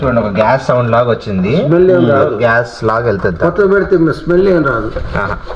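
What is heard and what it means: A new water filter cartridge is being inserted and twisted into its filter housing inside a Samsung refrigerator while someone talks throughout. No distinct clicks stand out over the speech, and nothing has seated or clicked yet: the filter is not locked in.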